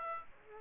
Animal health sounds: mosquito wingbeat signal from an infrared sensor; Aedes aegypti

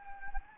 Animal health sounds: mosquito wingbeat signal from an infrared sensor; Anopheles arabiensis

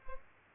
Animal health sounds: mosquito wingbeat signal from an infrared sensor; Culex pipiens

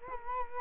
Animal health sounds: mosquito wingbeat signal from an infrared sensor; Culex quinquefasciatus

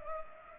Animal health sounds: mosquito wingbeat signal from an infrared sensor; Culex pipiens

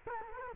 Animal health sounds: mosquito wingbeat signal from an infrared sensor; Culex quinquefasciatus

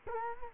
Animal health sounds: mosquito wingbeat signal from an infrared sensor; Culex quinquefasciatus

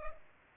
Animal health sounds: mosquito wingbeat signal from an infrared sensor; Culex pipiens

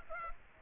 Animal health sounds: mosquito wingbeat signal from an infrared sensor; Aedes aegypti

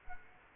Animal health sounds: mosquito wingbeat signal from an infrared sensor; Culex quinquefasciatus

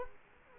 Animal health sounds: mosquito wingbeat signal from an infrared sensor; Culex quinquefasciatus

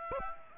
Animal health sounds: mosquito wingbeat signal from an infrared sensor; Aedes aegypti

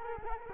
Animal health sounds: mosquito wingbeat signal from an infrared sensor; Culex quinquefasciatus

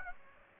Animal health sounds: mosquito wingbeat signal from an infrared sensor; Aedes aegypti

